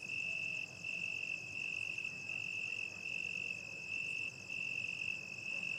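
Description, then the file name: Cricket giving a steady high trill, broken by brief gaps. At night. "Night time crickets distant dogs and traffic ambience"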